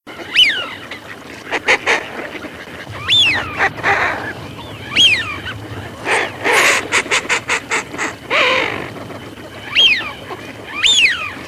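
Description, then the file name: Eurasian wigeon whistles: several clear, downslurred whistled notes spaced throughout, mixed with sharp clicking and rustling sounds. "Fischione"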